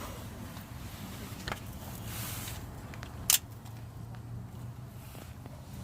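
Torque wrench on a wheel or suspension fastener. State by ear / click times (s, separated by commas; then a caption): torque reached / 3.3 s. A torque wrench, set a little above spec in case it is not perfectly calibrated, tightens a fastener on one corner of an S2K during a front sway bar install. Faint ticks and a soft knock sit over a low steady hum. A sharp, loud click at 3.3 s shows the wrench reaching its setting.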